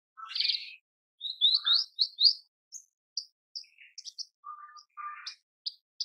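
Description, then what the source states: Horsfield's bush lark song: a harsh opening note, then rapid rising chirps in quick succession, followed by scattered high notes and a lower flat note. Cage-bird tutor (masteran) song, described as effective and super gacor (very active singing), used for training cage birds.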